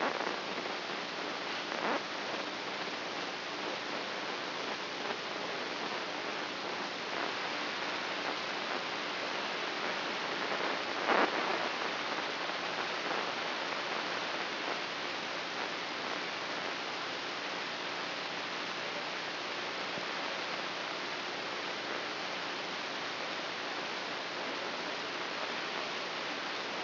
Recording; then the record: brain microelectrode recording played as sound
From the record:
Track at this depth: inside the subthalamic nucleus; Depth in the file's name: 2.325 mm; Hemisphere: right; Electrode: 3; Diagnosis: Parkinson's disease